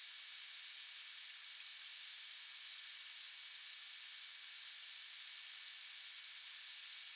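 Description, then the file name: Common dolphin whistles: several high, rising and falling sweeping tones, some overlapping, over a constant underwater hiss. "D delphis"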